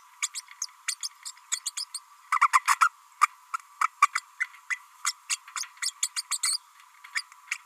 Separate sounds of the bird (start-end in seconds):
0.22-0.28, 0.34-0.40, 0.61-0.66, 0.88-0.95, 1.03-1.08, 1.25-1.31, 1.51-1.59, 1.65-1.70, 1.76-1.84, 1.94-1.99, 2.41-2.48, 2.52-2.61, 2.81-2.89, 3.21-3.27, 3.81-3.87, 4.02-4.08, 4.15-4.20, 4.40-4.46, 4.70-4.79, 5.04-5.13, 5.29-5.37, 5.56-5.65, 5.82-5.92, 6.02-6.08, 6.16-6.22, 6.30-6.38, 6.43-6.58, 7.15-7.23, 7.51-7.57